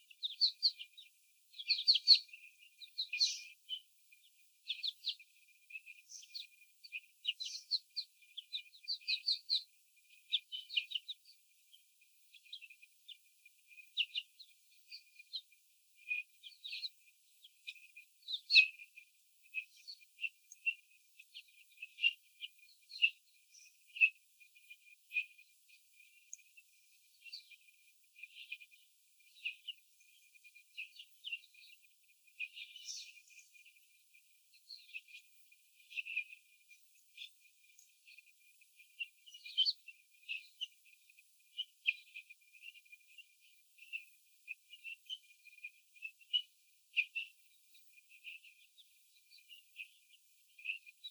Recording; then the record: young laying hens in a cage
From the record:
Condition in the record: before the stressor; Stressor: sudden umbrella opening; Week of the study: 3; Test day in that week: 2